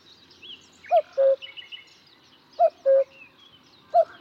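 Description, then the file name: Cuckoo calling its familiar falling two-note cu-coo twice, about every one and a half seconds, and starting a third, with soft chirps from other birds behind. "minutes of cuckoos"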